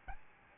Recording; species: mosquito wingbeat signal from an infrared sensor; Aedes albopictus